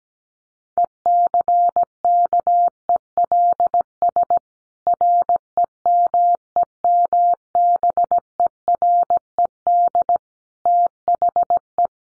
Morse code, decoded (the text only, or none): ECKELS REMEMBERED THE